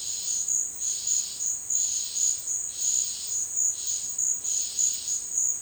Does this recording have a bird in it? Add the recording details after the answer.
no. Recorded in secondary vegetation near Puerto Asís, Putumayo, Colombia, on 22 June 2025 at 13:00. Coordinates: 0.499, -76.323. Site G077